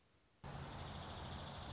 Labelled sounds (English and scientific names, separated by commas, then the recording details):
Dark-eyed Junco (Junco hyemalis)
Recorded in Sonoma County, California